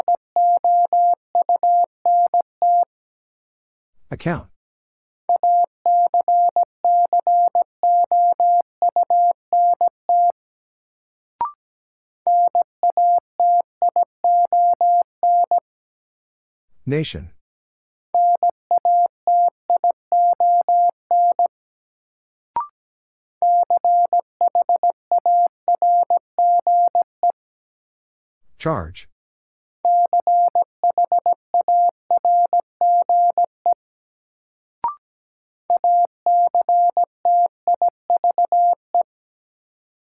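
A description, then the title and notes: Morse code sent as a steady mid-pitched beep, keyed in fast, regular bursts of dots and dashes, grouped into runs of several seconds with short pauses between. A sharp crackling click cuts in around 4, 17 and 29 seconds, with fainter ticks in other gaps. Sentences from Top 900 Words - New Word Drill - 17wpm. First, the word is sent in Morse code.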